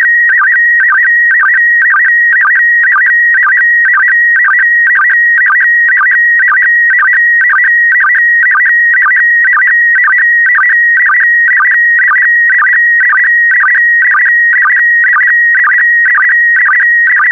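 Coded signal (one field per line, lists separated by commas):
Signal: SSTV (slow-scan television)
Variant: PD120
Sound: steady high whistle with a rhythmic warbling chirp about twice per second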